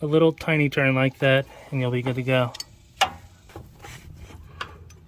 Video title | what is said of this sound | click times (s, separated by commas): Will This 2004 Mustang GT Run And Drive? | there it is a nice click there | 4.6 s